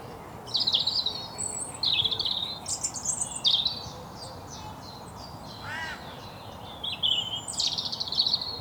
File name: Erithacus rubecula